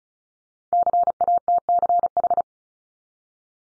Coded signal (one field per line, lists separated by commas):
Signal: Morse code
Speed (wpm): 36 wpm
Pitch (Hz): 700 Hz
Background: none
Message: CATCH